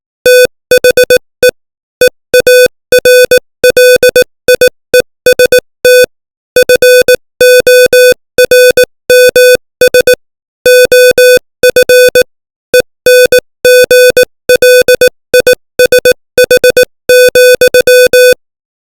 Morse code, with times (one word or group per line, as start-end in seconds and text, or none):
0.3-1.5 THE
2.0-6.0 EARLIEST
6.6-10.1 FORMS
10.7-12.2 OF
12.7-18.3 ENGLISH,